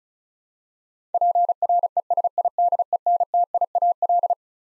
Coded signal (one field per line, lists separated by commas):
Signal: Morse code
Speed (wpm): 34 wpm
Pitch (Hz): 700 Hz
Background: none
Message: PRESIDENTIAL